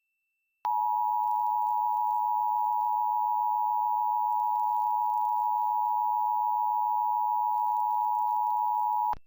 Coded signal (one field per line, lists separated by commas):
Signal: Emergency Alert System (SAME) tones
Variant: 853 and 960 Hz attention tone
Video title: PBS Kids Program Break With EAS (2023 MPT)